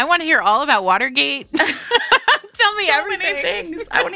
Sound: laughter